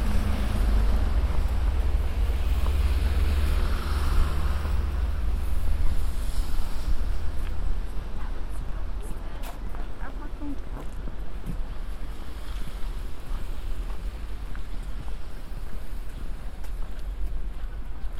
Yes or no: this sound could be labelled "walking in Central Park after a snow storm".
yes